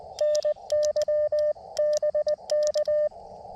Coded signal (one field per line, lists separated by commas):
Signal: Morse code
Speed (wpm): 20 wpm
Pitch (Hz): 600 Hz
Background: radio noise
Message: NYBK